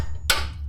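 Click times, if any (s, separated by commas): 0.3 s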